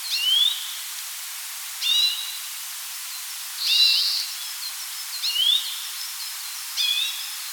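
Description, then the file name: Grey-capped greenfinch giving sharp upslurred twitters, five notes spaced roughly one and a half seconds apart, one with a harsh buzzy edge, against constant background hiss. "Carduelis sinica"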